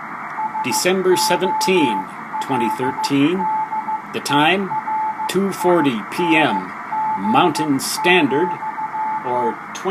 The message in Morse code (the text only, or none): SOLDERING,